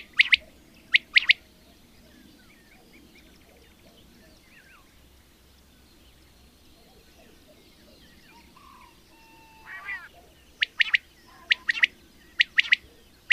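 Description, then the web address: Common quail song: a sharp three-note phrase, a long quiet pause with faint background sounds, then several more high 'whit, whit-whit' phrases in quick succession. "agykontroll Madardalok Cd 2. Fürj"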